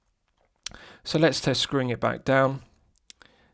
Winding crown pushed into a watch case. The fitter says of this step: Pushing it back in, it's got a nice positive click, and that restarts the movement.